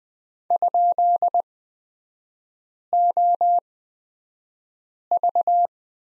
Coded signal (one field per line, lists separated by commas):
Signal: Morse code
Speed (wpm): 20 wpm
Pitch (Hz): 700 Hz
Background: none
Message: ?OV